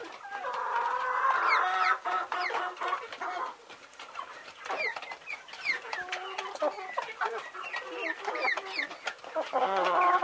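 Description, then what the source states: Chickens clucking and squawking as a flock, overlapping cackles and calls rising and falling throughout, with a busy, continuous chorus and no other sounds standing out. Laying hens.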